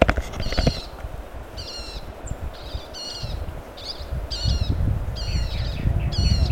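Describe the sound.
Yellow-faced parrotlet calls: clipped, raspy notes given in a series, over a low rumbling background.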